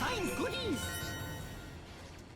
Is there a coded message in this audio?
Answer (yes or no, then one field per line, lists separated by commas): no